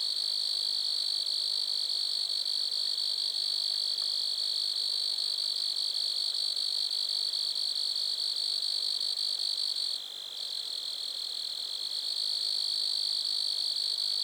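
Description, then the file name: Grasshoppers produce a steady, high, insistent buzz that dips briefly in loudness, then resumes. Recorded at Lac-à-la-Croix, Montcerf-Lytton, Quebec, Canada. "criquets-grasshoppers- -lac-acc 80-franccca 7 ois-montcerf-lytton-quecc 81 bec-canada"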